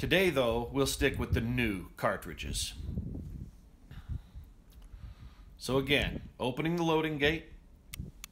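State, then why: Seated. Someone talks, then the steel hammer of a Pietta 1873 single-action revolver, a Colt Single Action Army clone, is drawn back to half cock. Two sharp clicks sound at 7.9 s and 8.2 s as the sear catches in the half-cock notch, freeing the cylinder for loading.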